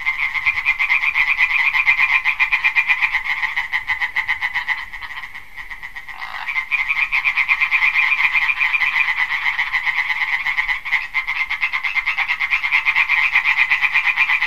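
Amphibian croaking in fast, rasping pulses, steady and near continuous, dipping briefly a few times before returning at full strength.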